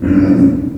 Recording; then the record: squeal of a Yucatan mini pig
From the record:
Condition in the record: after surgery on the right vocal fold (resection and tissue-engineered implant); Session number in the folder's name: 7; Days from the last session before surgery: 47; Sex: female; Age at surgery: 19 weeks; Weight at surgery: 25 kg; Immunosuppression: prednisolone